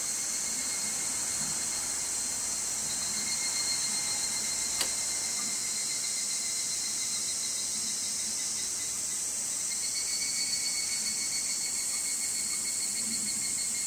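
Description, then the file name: Evening cicada makes a continuous high shrill drone with a sharp click near the middle and a slight shift in tone partway through. "higurashi"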